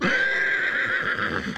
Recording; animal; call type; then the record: contact call of a hoofed animal; horse; whinny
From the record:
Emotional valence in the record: negative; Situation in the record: separation from one group member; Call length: 1.59 s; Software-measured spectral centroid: 1970 Hz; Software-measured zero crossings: 3050 a second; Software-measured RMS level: -24 dBFS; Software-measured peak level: -10 dBFS